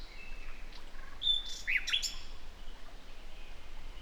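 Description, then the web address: Common nightingale giving a brief whistled phrase with a slurred note and a few sharp chips, faint steady background hiss. "SETE Luscinia megarhynchos"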